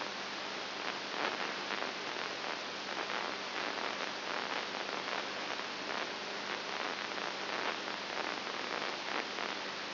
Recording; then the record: brain microelectrode recording played as sound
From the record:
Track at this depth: inside the subthalamic nucleus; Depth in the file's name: 5.9 mm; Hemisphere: right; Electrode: 2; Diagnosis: Parkinson's disease